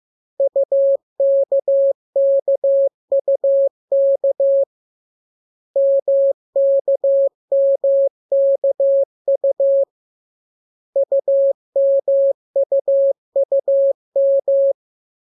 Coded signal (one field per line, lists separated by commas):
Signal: Morse code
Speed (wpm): 15 wpm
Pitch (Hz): 550 Hz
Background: none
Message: UKKUK MKMKU UMUUM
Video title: Learning Morse Code. Lesson 2. Letter KMU.